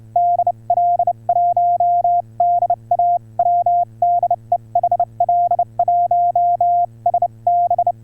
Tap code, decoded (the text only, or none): none